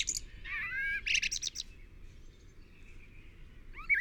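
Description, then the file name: Common blackbird song: a fluting, warbled phrase in the first second and a half ending in a squeaky twitter, then quiet with faint birds and a brief chirp at the end. "Turdus merula"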